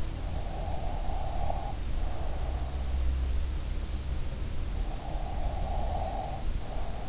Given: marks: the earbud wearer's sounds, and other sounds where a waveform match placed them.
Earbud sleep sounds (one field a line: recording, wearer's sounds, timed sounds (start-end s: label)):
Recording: sounds in sleep by an in-ear microphone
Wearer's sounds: breath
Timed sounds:
0.63-2.82 s: breath
4.96-7.09 s: breath